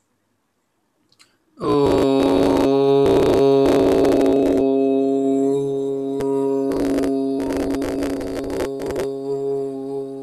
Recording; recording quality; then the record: sustained vowel as in boot; poor, much background noise or distortion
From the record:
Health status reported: healthy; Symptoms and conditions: none ticked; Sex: male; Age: 31 years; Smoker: not ticked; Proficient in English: yes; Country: India